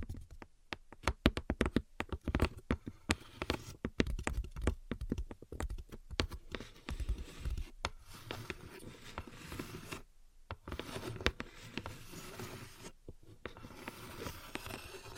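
Quick taps and scratches come in dense, irregular bursts, much like fingers clicking on a keyboard, each a sharp crisp click. The busiest, loudest run is in the first half. Later it turns sparser and softer over a faint low rumble, with brief near-silences around ten and thirteen seconds.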